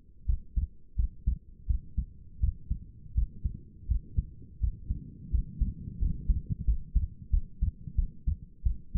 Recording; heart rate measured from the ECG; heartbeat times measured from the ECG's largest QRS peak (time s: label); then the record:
heart sounds by stethoscope; 86 bpm
0.26 s: heartbeat
0.96 s: heartbeat
1.67 s: heartbeat
2.40 s: heartbeat
3.15 s: heartbeat
3.88 s: heartbeat
4.60 s: heartbeat
5.31 s: heartbeat
5.99 s: heartbeat
6.65 s: heartbeat
7.31 s: heartbeat
7.96 s: heartbeat
8.63 s: heartbeat
From the record:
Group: healthy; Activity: rest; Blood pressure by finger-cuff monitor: 133/85 mmHg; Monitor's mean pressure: 99 mmHg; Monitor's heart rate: 85 bpm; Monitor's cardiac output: 5.8 L/min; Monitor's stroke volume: 70 mL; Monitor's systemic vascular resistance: 1260 dyn s/cm5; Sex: female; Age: 37 years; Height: 168 cm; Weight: 70 kg